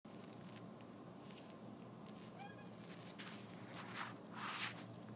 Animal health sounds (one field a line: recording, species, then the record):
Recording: mosquito flight sound by mobile phone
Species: Anopheles gambiae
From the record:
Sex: male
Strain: Kisumu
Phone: iPhone 4S